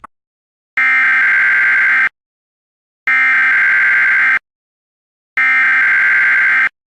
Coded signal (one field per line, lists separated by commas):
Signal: Emergency Alert System (SAME) tones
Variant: header bursts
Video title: EAS Classic: The EAS Interrupts Microsoft Sam Reads Computer Errors Part 3 (Original Re-Edit)